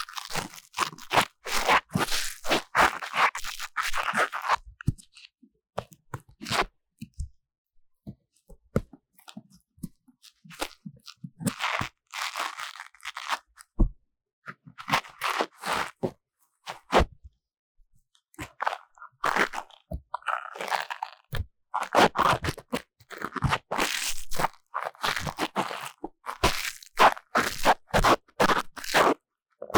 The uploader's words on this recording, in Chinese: 強烈的耳朵深層清理 | 耳掃除 | Deep Ear Cleaning | NoTalking。